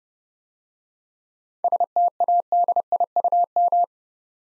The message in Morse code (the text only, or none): STADIUM